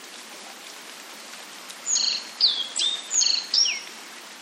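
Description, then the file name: Black-faced bunting song: one short phrase of high, sharp chirps and slurred notes, some dropping in pitch, over a steady background hiss. "aoji"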